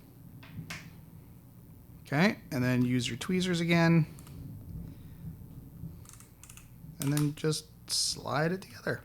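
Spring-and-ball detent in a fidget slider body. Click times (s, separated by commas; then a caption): 0.7 s. Someone presses the spring and detent balls of a 01 EDC 01 fidget slider down with a flat object and slides the metal slider part over them, and the spring-and-ball detent clicks into place at 0.7 s, seated. Someone talks, and a quick run of small ticks follows around 6.1 to 6.6 s.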